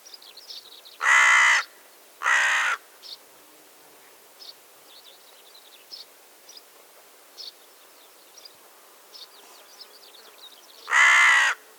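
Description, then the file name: Carrion crow calling: two loud, grating caws early on, then a long pause with faint high bird chirps before a single final caw. "Corvus corone"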